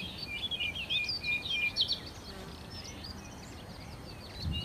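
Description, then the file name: Common nightingale song with varied whistled and chattering phrases packed into the first two seconds, then fading to quieter, scattered notes against steady background noise. "Nachtigall"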